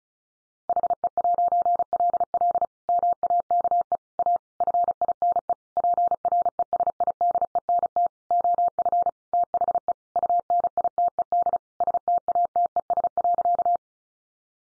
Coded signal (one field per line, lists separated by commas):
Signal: Morse code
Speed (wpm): 34 wpm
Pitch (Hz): 700 Hz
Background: none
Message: HE'LL MAKE A FINE PRESIDENT OF THE UNITED STATES.